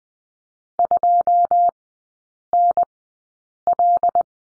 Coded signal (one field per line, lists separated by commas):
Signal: Morse code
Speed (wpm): 20 wpm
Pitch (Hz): 700 Hz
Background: none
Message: 2NL